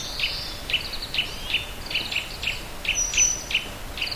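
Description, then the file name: Grey wagtail song: sharp, high notes repeated steadily about every half second, over a soft hiss. "kisekirei"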